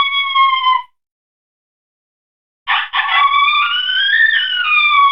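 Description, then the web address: Coyote giving a short howl, a silence, then a burst of sharp yips running into a long, quavering howl that rises and then falls. "Coyote Howling"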